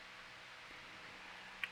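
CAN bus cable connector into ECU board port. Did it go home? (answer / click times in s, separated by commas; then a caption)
yes / 1.6 s. A CAN bus cable connector is pushed into CAN port one on the ECU board of a GC Impreza WRX rally car. A low, steady background hiss runs until a short, bright click at 1.6 seconds, when the connector seats in the port.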